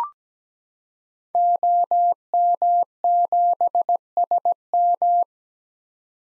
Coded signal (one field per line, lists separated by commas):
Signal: Morse code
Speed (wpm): 17 wpm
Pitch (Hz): 700 Hz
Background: none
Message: OM7SM